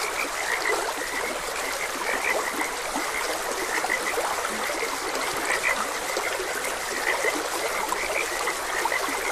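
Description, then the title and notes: Frogs give short, bright croaks at an irregular pace under the even hiss of a running stream. Frogs croaking beside a gentle stream. "Gentle Stream and Frogs Croaking. Sleep and Relaxation Podcast"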